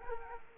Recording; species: mosquito wingbeat signal from an infrared sensor; Culex quinquefasciatus